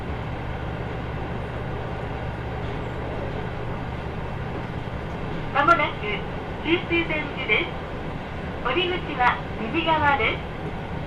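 A steady low rumble of the Kyushu Odan Limited Express on the Hohi Main Line runs through the whole clip, even and unchanging. About halfway in, a voice speaks in short phrases over the hum, continuing in bursts until near the end.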